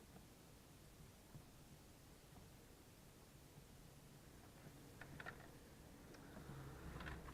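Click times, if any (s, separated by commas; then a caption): none. An internal component is pressed toward its place in the chassis of an opened Acer Aspire 5750 (P5WE0) laptop during a charging-port repair. Against a low, steady background hiss, brief faint ticks are heard at about 5.0, 5.2, 5.3 and 7.1 seconds. The part does not go in, and nothing has seated or clicked.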